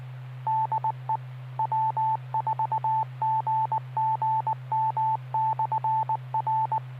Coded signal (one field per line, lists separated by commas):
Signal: Morse code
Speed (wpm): 19 wpm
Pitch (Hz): 880 Hz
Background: none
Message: DE W4GGM/R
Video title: 6-1-2021 Maury Amateur Radio Club "Newbie Net"